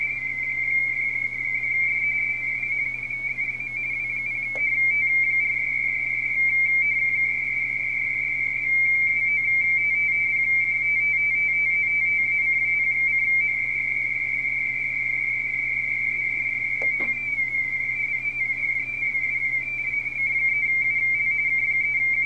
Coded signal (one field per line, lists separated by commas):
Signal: RTTY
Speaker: We're currently looking at a RTTY pileup on 30 meters for Fox Tango 4 Japan Alpha from Wanda Nova. And this is a mess.